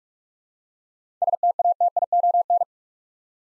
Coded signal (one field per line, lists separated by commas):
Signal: Morse code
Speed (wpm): 46 wpm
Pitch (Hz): 700 Hz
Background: none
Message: STATION